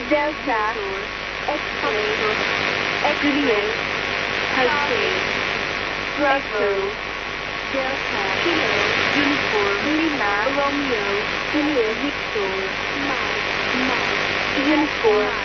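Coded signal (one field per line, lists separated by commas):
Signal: numbers station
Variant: E10-type, phonetic alphabet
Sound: female voice reading phonetic-alphabet letters steadily through heavy static and hum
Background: radio static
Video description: Numbers station (probably E15 or E10 - Mossad) received on 14th February 2010 at 01:34 UTC on 6840 kHz USB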